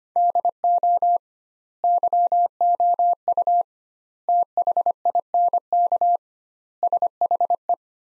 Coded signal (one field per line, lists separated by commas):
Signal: Morse code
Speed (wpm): 25 wpm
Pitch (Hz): 700 Hz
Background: none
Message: DO YOU THINK SHE